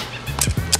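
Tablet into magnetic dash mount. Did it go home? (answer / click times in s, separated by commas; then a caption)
yes / 0.4 s, 0.7 s. A tablet is set into a magnetic dash mount, and the magnets snap it into position with sharp clicks at 0.4 s and 0.7 s. A low steady hum sits underneath. The magnets can be heard moving as they lock, confirming the tablet is seated.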